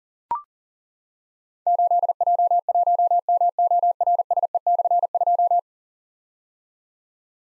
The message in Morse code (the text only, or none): 8J1MORSE/2